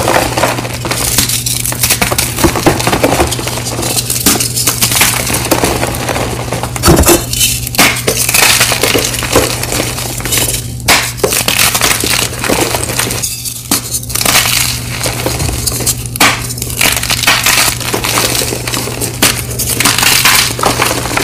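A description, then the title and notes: Blocks of gym chalk are crushed one after another in a dense, nearly continuous stream of crunching and crumbling. Sharper cracks punctuate the grinding every second or two, with a steady low hum underneath throughout. 100 Blocks Gym Chalk Mass Crush.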